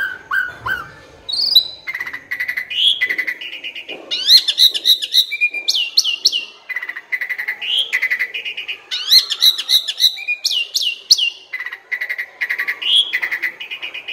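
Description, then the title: Asian pied starling song: continuous varied stream of buzzy chatter, steady mid-pitched tones and high sweeping whistles, repeating phrases over fourteen seconds. Training recording (masteran) used to teach caged birds that sing too little and are sluggish to sing more. "Masteran Jalak Suren AMPUH Dan EFEKTIF Atasi Burung KURANG GACOR Dan LOYO"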